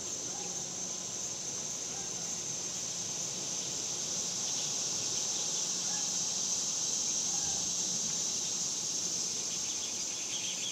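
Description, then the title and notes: Cicadas fill the air with a continuous high-pitched buzz that swells slightly in the middle, with faint chirps and a low hum beneath. Cicadas recorded outdoors in summer in the suburbs. "Ext Summer Cicadas, Suburbs by Bandeto"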